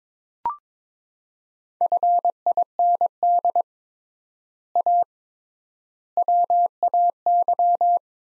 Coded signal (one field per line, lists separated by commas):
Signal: Morse code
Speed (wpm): 22 wpm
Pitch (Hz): 700 Hz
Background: none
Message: FIND A WAY